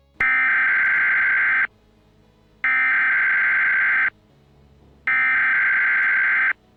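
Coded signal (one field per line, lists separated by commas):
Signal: Emergency Alert System (SAME) tones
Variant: header bursts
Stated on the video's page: EAS tones in a simulated mini scenario of a Chinese nuclear attack.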